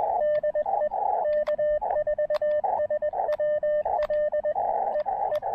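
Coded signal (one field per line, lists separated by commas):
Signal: Morse code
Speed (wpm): 20 wpm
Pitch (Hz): 590 Hz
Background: radio noise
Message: DE K4SWL EE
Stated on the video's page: QRP Summits On The Air activation on Hibriten Mountain, including operation on 17 meters.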